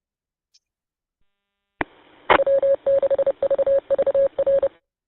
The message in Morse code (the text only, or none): W6VVR